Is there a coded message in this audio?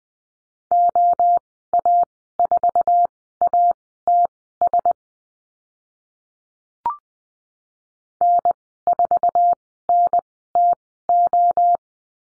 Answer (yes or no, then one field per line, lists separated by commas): yes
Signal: Morse code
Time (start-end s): 0.7-11.8 s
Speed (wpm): 20 wpm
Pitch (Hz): 700 Hz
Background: none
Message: OA4ATS N4NTO